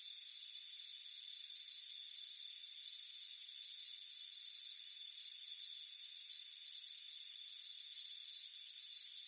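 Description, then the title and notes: Cricket: shrill chirping in short pulsed bursts above steady ringing insect tones. Crickets chirping on a warm afternoon on a front porch. "Soothing Crickets Chirping Sound. It's a warm afternoon as you relax in a hammock on the front porch. Deep Sleep Sounds"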